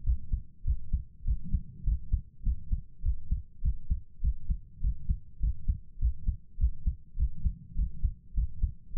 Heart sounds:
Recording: heart sounds by stethoscope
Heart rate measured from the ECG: 101 bpm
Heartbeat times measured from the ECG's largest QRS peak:
0.02 s: heartbeat
0.63 s: heartbeat
1.23 s: heartbeat
1.83 s: heartbeat
2.42 s: heartbeat
3.01 s: heartbeat
3.60 s: heartbeat
4.20 s: heartbeat
4.79 s: heartbeat
5.38 s: heartbeat
5.97 s: heartbeat
6.56 s: heartbeat
7.15 s: heartbeat
7.74 s: heartbeat
8.33 s: heartbeat
8.92 s: heartbeat
From the record:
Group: healthy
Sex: female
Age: 32 years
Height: 172 cm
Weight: 71.7 kg

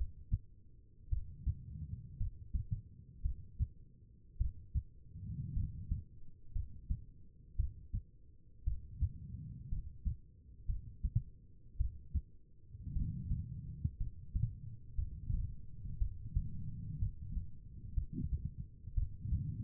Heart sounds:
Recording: heart sounds by stethoscope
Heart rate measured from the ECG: 57 bpm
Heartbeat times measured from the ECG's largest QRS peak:
1.09 s: heartbeat
2.18 s: heartbeat
3.22 s: heartbeat
4.38 s: heartbeat
5.54 s: heartbeat
6.53 s: heartbeat
7.56 s: heartbeat
8.64 s: heartbeat
9.69 s: heartbeat
10.66 s: heartbeat
11.77 s: heartbeat
12.93 s: heartbeat
13.98 s: heartbeat
14.96 s: heartbeat
15.98 s: heartbeat
16.99 s: heartbeat
17.94 s: heartbeat
18.94 s: heartbeat
From the record:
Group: healthy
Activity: rest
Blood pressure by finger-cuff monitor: 90/63 mmHg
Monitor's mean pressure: 72 mmHg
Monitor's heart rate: 57 bpm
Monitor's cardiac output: 4.2 L/min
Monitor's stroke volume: 75 mL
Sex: female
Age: 36 years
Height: 163 cm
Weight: 88 kg

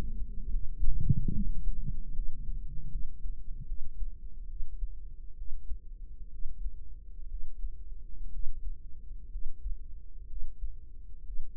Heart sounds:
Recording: heart sounds by microphone in the right ear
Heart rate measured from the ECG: 67 bpm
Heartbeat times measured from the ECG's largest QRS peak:
0.48 s: heartbeat
1.32 s: heartbeat
2.11 s: heartbeat
2.87 s: heartbeat
3.64 s: heartbeat
4.45 s: heartbeat
5.34 s: heartbeat
6.28 s: heartbeat
7.26 s: heartbeat
8.29 s: heartbeat
9.28 s: heartbeat
10.26 s: heartbeat
11.22 s: heartbeat
From the record:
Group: healthy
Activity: rest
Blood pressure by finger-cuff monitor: 103/66 mmHg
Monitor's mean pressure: 77 mmHg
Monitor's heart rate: 67 bpm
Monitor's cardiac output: 5.5 L/min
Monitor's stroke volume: 79 mL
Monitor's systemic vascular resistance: 1010 dyn s/cm5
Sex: female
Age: 23 years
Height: 160 cm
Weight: 50.4 kg

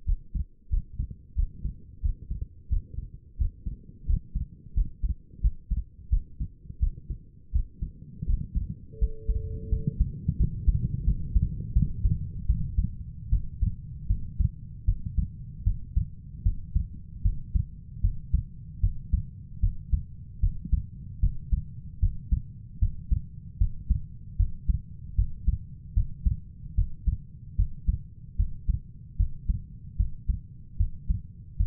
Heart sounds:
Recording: heart sounds by stethoscope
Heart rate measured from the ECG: 80 bpm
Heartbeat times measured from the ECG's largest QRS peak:
0.06 s: heartbeat
0.70 s: heartbeat
1.36 s: heartbeat
2.02 s: heartbeat
2.69 s: heartbeat
3.38 s: heartbeat
4.06 s: heartbeat
4.74 s: heartbeat
5.41 s: heartbeat
6.10 s: heartbeat
6.80 s: heartbeat
7.52 s: heartbeat
8.26 s: heartbeat
8.99 s: heartbeat
9.70 s: heartbeat
10.37 s: heartbeat
11.05 s: heartbeat
11.74 s: heartbeat
12.47 s: heartbeat
13.30 s: heartbeat
14.08 s: heartbeat
14.85 s: heartbeat
15.64 s: heartbeat
16.43 s: heartbeat
17.23 s: heartbeat
18.02 s: heartbeat
18.81 s: heartbeat
19.61 s: heartbeat
20.41 s: heartbeat
21.21 s: heartbeat
22.00 s: heartbeat
22.80 s: heartbeat
23.58 s: heartbeat
24.37 s: heartbeat
25.16 s: heartbeat
25.94 s: heartbeat
26.75 s: heartbeat
27.56 s: heartbeat
28.37 s: heartbeat
29.17 s: heartbeat
29.97 s: heartbeat
30.77 s: heartbeat
31.57 s: heartbeat
From the record:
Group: healthy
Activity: rest 0-12 s, breath hold 12-32 s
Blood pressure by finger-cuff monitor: 130/83 mmHg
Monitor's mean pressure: 97 mmHg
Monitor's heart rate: 77 bpm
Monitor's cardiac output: 5.9 L/min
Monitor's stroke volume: 74 mL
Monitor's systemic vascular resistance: 1230 dyn s/cm5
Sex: female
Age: 37 years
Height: 168 cm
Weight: 70 kg

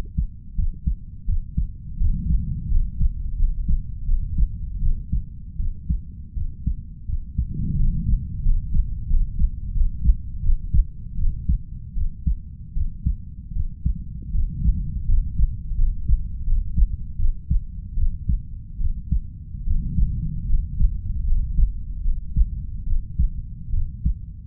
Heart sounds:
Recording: heart sounds by stethoscope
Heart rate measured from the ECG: 80 bpm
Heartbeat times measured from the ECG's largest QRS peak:
0.56 s: heartbeat
1.26 s: heartbeat
1.98 s: heartbeat
2.69 s: heartbeat
3.36 s: heartbeat
4.06 s: heartbeat
4.79 s: heartbeat
5.57 s: heartbeat
6.34 s: heartbeat
7.06 s: heartbeat
7.76 s: heartbeat
8.43 s: heartbeat
9.07 s: heartbeat
9.72 s: heartbeat
10.41 s: heartbeat
11.15 s: heartbeat
11.94 s: heartbeat
12.74 s: heartbeat
13.53 s: heartbeat
14.32 s: heartbeat
15.06 s: heartbeat
15.75 s: heartbeat
16.44 s: heartbeat
17.16 s: heartbeat
17.94 s: heartbeat
18.78 s: heartbeat
19.64 s: heartbeat
20.46 s: heartbeat
21.24 s: heartbeat
22.02 s: heartbeat
22.84 s: heartbeat
23.70 s: heartbeat
From the record:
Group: healthy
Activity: rest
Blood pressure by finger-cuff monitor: 114/56 mmHg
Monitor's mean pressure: 71 mmHg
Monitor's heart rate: 80 bpm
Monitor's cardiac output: 6.5 L/min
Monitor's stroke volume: 81 mL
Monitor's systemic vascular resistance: 780 dyn s/cm5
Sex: female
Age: 32 years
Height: 168 cm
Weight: 61.9 kg

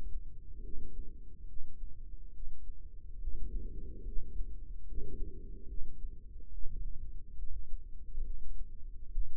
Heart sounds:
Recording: heart sounds by microphone in the right ear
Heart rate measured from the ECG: 71 bpm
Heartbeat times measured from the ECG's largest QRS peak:
0.63 s: heartbeat
1.47 s: heartbeat
2.33 s: heartbeat
3.21 s: heartbeat
4.05 s: heartbeat
4.86 s: heartbeat
5.68 s: heartbeat
6.51 s: heartbeat
7.37 s: heartbeat
8.24 s: heartbeat
9.12 s: heartbeat
From the record:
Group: healthy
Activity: rest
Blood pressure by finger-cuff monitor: 100/68 mmHg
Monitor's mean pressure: 81 mmHg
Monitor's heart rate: 71 bpm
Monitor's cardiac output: 5.2 L/min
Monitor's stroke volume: 74 mL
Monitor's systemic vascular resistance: 1110 dyn s/cm5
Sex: female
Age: 43 years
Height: 160 cm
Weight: 90 kg

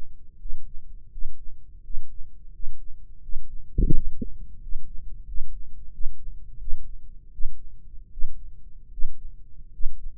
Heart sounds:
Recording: heart sounds by microphone in the right ear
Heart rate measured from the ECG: 83 bpm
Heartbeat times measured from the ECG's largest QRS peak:
0.35 s: heartbeat
1.08 s: heartbeat
1.80 s: heartbeat
2.50 s: heartbeat
3.19 s: heartbeat
3.90 s: heartbeat
4.58 s: heartbeat
5.24 s: heartbeat
5.91 s: heartbeat
6.58 s: heartbeat
7.31 s: heartbeat
8.10 s: heartbeat
8.90 s: heartbeat
9.72 s: heartbeat
From the record:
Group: healthy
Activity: breath hold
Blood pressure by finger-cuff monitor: 125/71 mmHg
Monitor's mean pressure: 88 mmHg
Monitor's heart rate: 84 bpm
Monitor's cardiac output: 6.7 L/min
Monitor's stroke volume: 79 mL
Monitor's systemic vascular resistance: 950 dyn s/cm5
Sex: male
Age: 21 years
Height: 180 cm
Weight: 67.5 kg

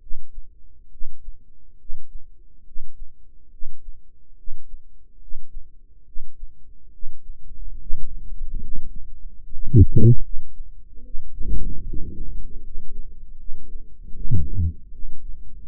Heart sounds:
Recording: heart sounds by microphone in the right ear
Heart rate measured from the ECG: 73 bpm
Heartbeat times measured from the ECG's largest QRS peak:
0.89 s: heartbeat
1.77 s: heartbeat
2.63 s: heartbeat
3.49 s: heartbeat
4.35 s: heartbeat
5.18 s: heartbeat
6.04 s: heartbeat
6.91 s: heartbeat
7.77 s: heartbeat
8.60 s: heartbeat
9.41 s: heartbeat
10.21 s: heartbeat
11.02 s: heartbeat
11.83 s: heartbeat
12.61 s: heartbeat
13.36 s: heartbeat
14.12 s: heartbeat
14.91 s: heartbeat
15.67 s: heartbeat
From the record:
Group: healthy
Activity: rest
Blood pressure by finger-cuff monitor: 117/63 mmHg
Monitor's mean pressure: 78 mmHg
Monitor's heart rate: 73 bpm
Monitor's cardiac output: 7.4 L/min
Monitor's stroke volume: 102 mL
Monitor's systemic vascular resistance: 770 dyn s/cm5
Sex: male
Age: 35 years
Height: 180 cm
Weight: 86.9 kg

